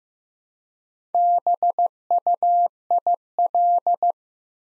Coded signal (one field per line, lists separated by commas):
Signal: Morse code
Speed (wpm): 15 wpm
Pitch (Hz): 700 Hz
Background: none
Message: BUIL